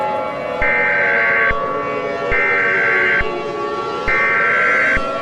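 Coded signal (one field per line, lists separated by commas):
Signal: Emergency Alert System (SAME) tones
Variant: header bursts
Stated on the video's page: Fictional EAS scenario; simulated alert, not a real broadcast.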